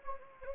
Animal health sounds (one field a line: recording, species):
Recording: mosquito wingbeat signal from an infrared sensor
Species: Anopheles gambiae